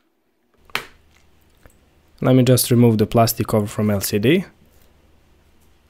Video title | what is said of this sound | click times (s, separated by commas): HT02 Thermal camera review 4k | And then the battery door just clicks into place. | 0.8 s